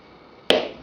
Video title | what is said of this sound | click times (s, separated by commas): Veneering a curved table apron in a vacuum press | that's good a nice solid click um | 0.5 s